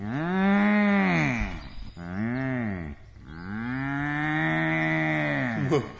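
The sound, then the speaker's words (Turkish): A bull bellows three times in a row, long, loud, low-pitched moos with rich harmonics, each call swelling and then fading, with brief pauses between them. No one speaks. “İşte yine bağırdı. Yoksa bu sesi işitmek hükümdarımı rahatsız mı etti?”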